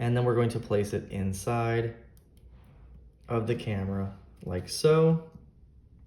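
A SIM card is handled contacts-up at the slot of a security camera while someone talks, with two faint, brief ticks near 2.2 s and 2.4 s in a quiet pause. Nothing has seated or clicked into place yet.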